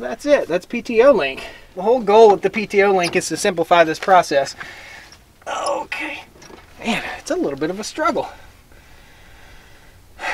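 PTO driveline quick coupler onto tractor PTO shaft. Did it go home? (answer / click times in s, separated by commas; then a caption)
no / none. Someone talks while working a PTO driveline quick-connect coupler onto a tractor's PTO stub shaft, struggling to line it up and push it on, with breathing and effort sounds between the words. The coupler has not clicked or seated yet.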